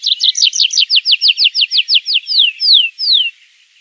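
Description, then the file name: Tree pipit song phrase: rapid buzzy notes that slow into drawn-out, descending slurred whistles before stopping. "konek lesnojj"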